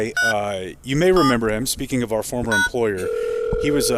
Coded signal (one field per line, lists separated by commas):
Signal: DTMF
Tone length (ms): 150 ms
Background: speech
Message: 3 7 #